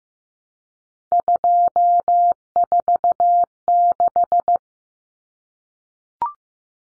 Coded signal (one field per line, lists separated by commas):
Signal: Morse code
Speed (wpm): 15 wpm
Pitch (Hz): 700 Hz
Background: none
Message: 246